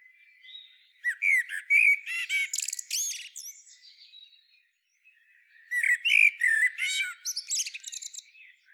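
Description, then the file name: Common blackbird singing two phrases, mellow whistled notes followed by rapid, high, scratchy twitters, with a short quiet gap between them. "Turdus merula"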